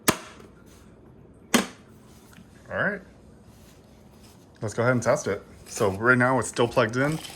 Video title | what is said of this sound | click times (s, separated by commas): Bissell ProHeat 2X Revolution Fix! Brushes Not Spinning (Broken Belt Repair DIY | This clicks in place. | 0.1 s, 1.5 s